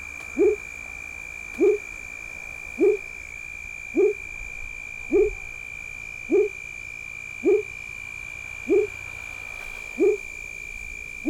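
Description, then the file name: Frog giving a steady series of brief upward-sliding notes, about ten in eleven seconds at an even pace, with a constant thin high tone behind. "Sapo Frog"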